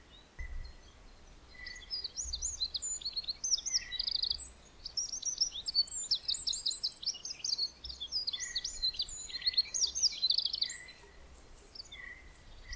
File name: Troglodytes troglodytes